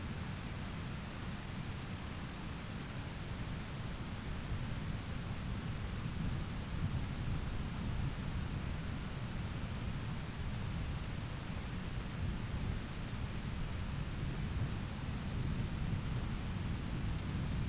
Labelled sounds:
none
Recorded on Arctic tundra, site ZACK-1, on 13 June 2019
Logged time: 09:49

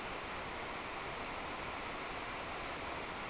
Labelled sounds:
none
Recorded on Arctic tundra, site NAIT-1, on 26 June 2018
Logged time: 09:00

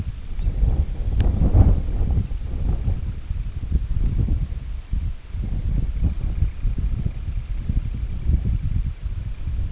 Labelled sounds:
Semipalmated Sandpiper
American Golden-plover
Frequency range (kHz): Semipalmated Sandpiper 1.4-3.2 kHz; American Golden-plover 2.5-4.2 kHz
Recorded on Arctic tundra, site IGLO-D, on 25 June 2018
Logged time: 02:00

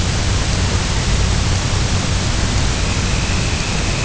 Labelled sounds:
Herring Gull
Dunlin
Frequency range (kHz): Herring Gull 0.1-1.6 kHz
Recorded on Arctic tundra, site UTQI-0, on 23 June 2018
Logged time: 06:00

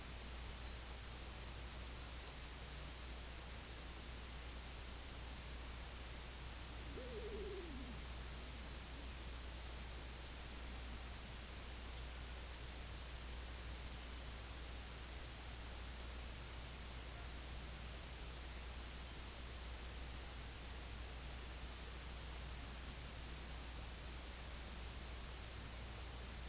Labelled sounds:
unidentified sound
King Eider
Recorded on Arctic tundra, site IGLO-A, on 24 June 2018
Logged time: 23:59

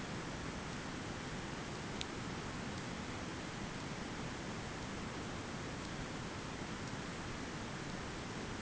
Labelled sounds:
none
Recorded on Arctic tundra, site ZACK-1, on 15 June 2019
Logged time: 21:49

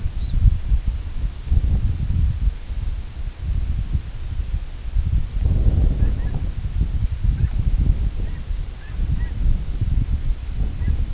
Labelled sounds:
Red Phalarope
unidentified sound
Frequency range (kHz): Red Phalarope 3.5-4.6 kHz
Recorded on Arctic tundra, site IGLO-D, on 25 June 2018
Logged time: 02:00

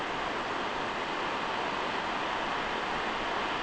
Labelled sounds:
none
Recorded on Arctic tundra, site NAIT-1, on 29 June 2018
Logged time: 01:00

